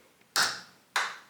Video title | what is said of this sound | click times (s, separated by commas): Making an Inline Spinner Using TwisTech Wire Bending Tool | When I hear the two clicks, I stop. | 0.4 s, 1.0 s